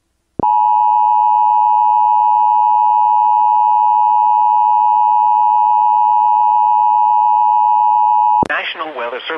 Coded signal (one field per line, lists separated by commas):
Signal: Emergency Alert System (SAME) tones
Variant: 853 and 960 Hz attention tone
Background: speech